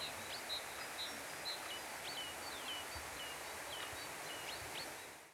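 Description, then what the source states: Bird calls, short high whistled notes and quick falling chirps repeated over a few seconds against a steady background of light wind. Forest with light wind.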